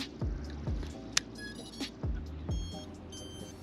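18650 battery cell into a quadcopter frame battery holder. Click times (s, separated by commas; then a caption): 1.2 s. A brand-new, never-used 18650 lithium cell, on its first charge, is pushed into the battery holder of a small 3D-printed plastic Rekon3 Nano Long Range FPV quadcopter frame. It seats with one loud, sharp click at 1.2 s. Soft low thumps at about 0.2, 0.7, 2.0 and 2.5 s and faint high tonal beeps sound around it.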